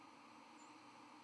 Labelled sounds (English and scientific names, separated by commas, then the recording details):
White-throated Sparrow (Zonotrichia albicollis) flight call
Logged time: 07:37 on 31 October 2014